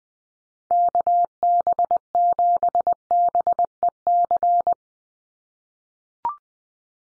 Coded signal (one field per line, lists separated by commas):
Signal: Morse code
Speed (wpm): 20 wpm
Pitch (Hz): 700 Hz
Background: none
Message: KB7BEC